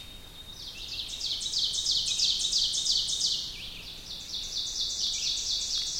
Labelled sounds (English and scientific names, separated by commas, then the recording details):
Ovenbird (Seiurus aurocapilla) song
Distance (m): 40 m
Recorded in boreal forest in Alberta, Canada, on 2 June 2016 at 06:09
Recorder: SongMeter 3, array SBT-3-7
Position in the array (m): -2 m, 87 m
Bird 7